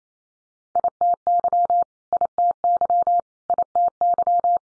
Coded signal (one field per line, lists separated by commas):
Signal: Morse code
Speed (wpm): 28 wpm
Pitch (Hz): 700 Hz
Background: none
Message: ITY ITY ITY